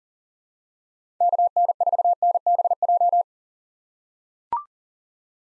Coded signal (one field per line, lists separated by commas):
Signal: Morse code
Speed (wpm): 40 wpm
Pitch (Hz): 700 Hz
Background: none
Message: KN4NBJ